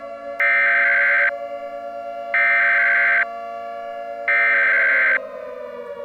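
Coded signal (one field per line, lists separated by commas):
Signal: Emergency Alert System (SAME) tones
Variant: header bursts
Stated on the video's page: Fictional EAS scenario.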